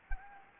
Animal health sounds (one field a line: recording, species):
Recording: mosquito wingbeat signal from an infrared sensor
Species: Anopheles gambiae